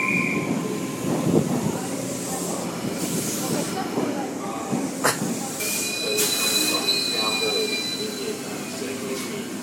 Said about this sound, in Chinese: 阿爸，过了这条行人隧道到火车站的了，快点走吧。